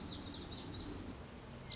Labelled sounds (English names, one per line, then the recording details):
Lazuli Bunting
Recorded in Sonoma County, California